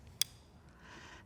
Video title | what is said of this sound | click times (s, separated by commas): Flexhaler Tutorial | this click means the dose is loaded and ready to be inhaled | 0.2 s